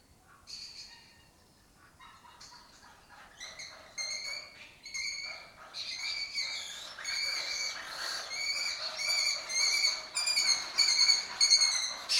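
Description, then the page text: Lesser kestrel chattering: rapid, repeated nasal notes that grow louder and denser, almost continuous by the end. Breeding colony occupying an abandoned building (house complex) in Doñana, southern Europe; migratory raptor that forages in West Africa. "Lesser Kestrels Took Over an Abandoned Building. A migratory raptor wich spends its foraging time in West Africa and breeds in southern Europe. Here in Doñana"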